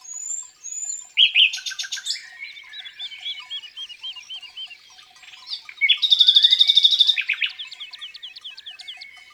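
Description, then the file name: Common nightingale song: clear whistles, a short rattle, a run of even repeated chirps, then a powerful fast pulsing series before lighter notes. Singing in the countryside. "Rossignol philomele Chants doiseaux dans la campagne"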